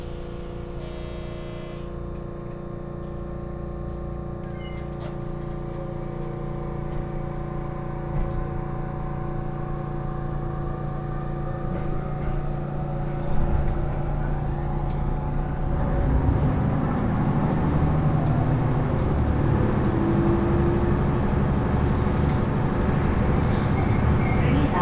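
A Senseki-Tohoku Line rapid train, an HB-E210 hybrid diesel railcar, recorded from aboard. Steady low engine drone with layered tones that rise gradually in pitch as the train accelerates, growing louder after about fifteen seconds, with brief high chime-like tones early and scattered clicks.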